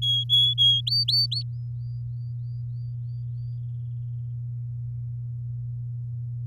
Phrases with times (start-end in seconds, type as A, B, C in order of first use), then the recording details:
0.02-0.81 A, 0.87-1.43 B. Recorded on 7 May 2018 at 05:47. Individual llb16